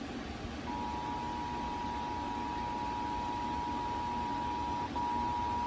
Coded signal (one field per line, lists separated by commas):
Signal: Emergency Alert System (SAME) tones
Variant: 853 and 960 Hz attention tone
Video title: West Virginia’s Required Monthly Test for July. EAS #39